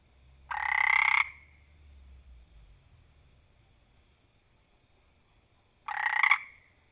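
Frog giving two drawn-out, pulsed rattling croaks about five seconds apart, with a faint low rumble in the background between them.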